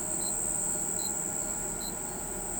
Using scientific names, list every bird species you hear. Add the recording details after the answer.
none. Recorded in pastures near Pivijay, Magdalena, Colombia, on 18 April 2023 at 03:30. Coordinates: 10.456, -74.369. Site P6-G026